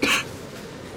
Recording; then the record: coughing mixed with background sound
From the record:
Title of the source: 64 coughing, allergies, singing lungs